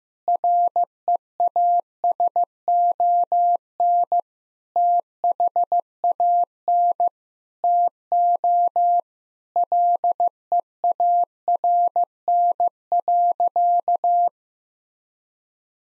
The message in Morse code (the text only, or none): REASON THAN TO LEARN.